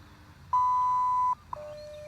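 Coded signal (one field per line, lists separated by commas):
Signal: radio time signal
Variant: WWV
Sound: one long steady high beep, a short click, then a lower steady tone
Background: radio static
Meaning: A 0.8-second 1000 Hz tone marks the start of a minute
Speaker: let's see what we got for WWV hold on just a moment here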